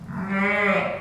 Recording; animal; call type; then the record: contact call of a hoofed animal; sheep; low-frequency (closed-mouth) or high-frequency (open-mouth) call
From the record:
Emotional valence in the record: positive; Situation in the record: reunion with pen mate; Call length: 1.01 s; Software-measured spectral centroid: 1680 Hz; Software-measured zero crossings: 2000 a second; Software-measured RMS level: -24 dBFS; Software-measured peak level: -10 dBFS